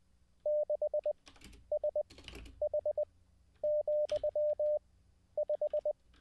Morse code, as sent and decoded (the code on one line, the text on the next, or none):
-.... ... .... --..-- .....
6SH,5